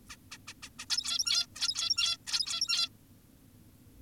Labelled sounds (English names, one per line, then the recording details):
Zebra Finch
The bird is an adult
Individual g17y2U